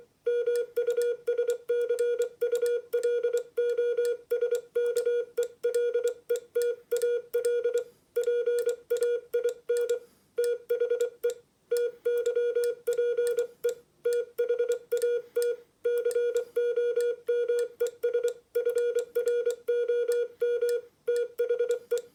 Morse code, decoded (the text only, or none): MUSCULOSKELETAL PAIN THE TYPE THAT COMES FROM THE